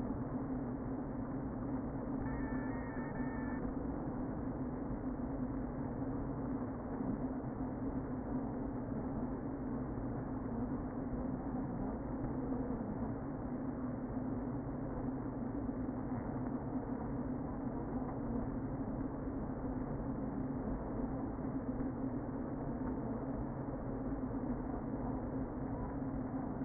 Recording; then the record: honeybee colony, microphone inside the hive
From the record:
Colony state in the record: queen present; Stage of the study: before two queens were removed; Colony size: about 60,000 bees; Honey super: yes